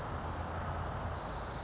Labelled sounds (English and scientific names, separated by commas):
California Towhee (Melozone crissalis)